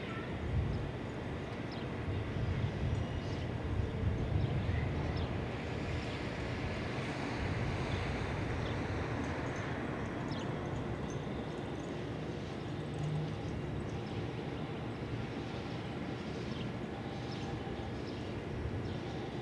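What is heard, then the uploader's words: City air from a Brooklyn rooftop: a dense, steady wash of traffic with a low rumble underneath that swells slightly in the first few seconds. Faint brief chirps and small clicks flicker above the hum. Ext, Brooklyn Roof.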